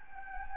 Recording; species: mosquito wingbeat signal from an infrared sensor; Anopheles gambiae